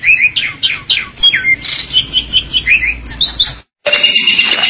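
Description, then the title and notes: Bali myna repeating short downslurred whistles in a rapid series, then a brief gap followed by a burst of scratchy noise. "Jalak Bali. Kicau Burung Jalak"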